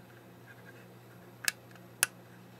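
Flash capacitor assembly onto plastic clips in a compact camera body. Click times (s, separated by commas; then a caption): 2.0 s. During a lens-error repair on a Canon PowerShot SX60 HS, the flash-capacitor assembly is slid over and pressed down onto two small plastic clips inside the compact camera body. A sharp tick at 1.5 s is followed by a louder snap at 2.0 s over a low steady hum. The assembly seats on the clips at 2.0 s.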